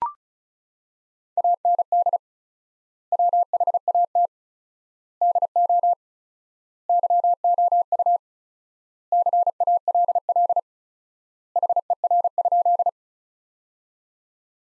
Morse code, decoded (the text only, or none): AND WHAT DO YOU CALL HER?